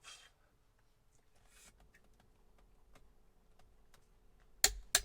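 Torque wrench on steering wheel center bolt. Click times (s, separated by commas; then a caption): 4.6 s, 5.0 s. A torque wrench tightens the center bolt of a Tesla Model Y steering yoke (steering wheel). Quiet ratcheting and faint ticks lead up to two sharp, loud clicks at 4.6 s and 5.0 s as the wrench reaches its set torque. The bolt is confirmed torqued down.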